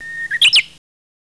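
Bird call: a short steady whistle followed by a few quick, sharp, high chirps, the whole phrase lasting under a second.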